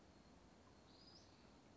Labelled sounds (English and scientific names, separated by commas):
Western Flycatcher (Empidonax difficilis)